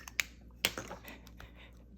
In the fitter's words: I mean, I can put it there, but it doesn't snap in place.